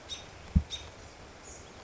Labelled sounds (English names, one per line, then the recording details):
American Robin
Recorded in Sonoma County, California